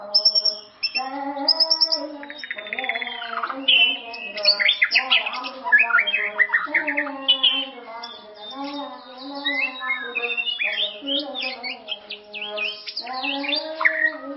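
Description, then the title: White-rumped shama pouring out a long, dense song of varied whistles, chattering notes and quick high sweeps, almost without pause. "murai batu"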